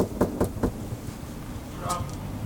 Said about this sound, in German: Gut, dann gehen wir mal ran an die Tür und klopfen.